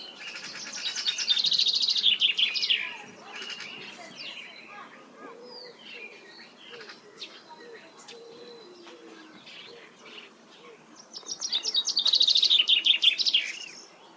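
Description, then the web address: Common chaffinch singing twice, each a quick cascade of trilled notes dropping in pitch and closing with a terminal flourish, with softer calls of other birds in the gap between. "File origin Bird Only Fr Co"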